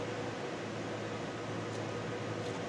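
Someone handles the cooler/heatsink assembly of an Acer Aspire 7 A715-42G laptop, holding the fans and keeping the heat-pipe tubes from bending while setting it back into its place in the laptop chassis. Only a steady broadband hum with low tonal lines is heard, with no sudden sounds. Nothing has seated or clicked yet.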